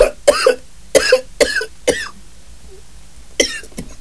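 A rapid run of about five sharp, voiced coughs over two seconds, then a pause and two more coughs. The bursts are abrupt and somewhat harsh, with a throat-clearing quality. These are repeated coughs in a quiet room.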